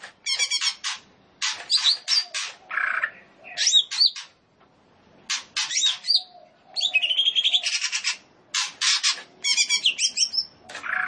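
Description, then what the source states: Leafbird pouring out a dense, nearly continuous stream of rattles, chattering phrases and high whistled notes, broken only by a few short gaps. Singing vigorously and continuously (gacor).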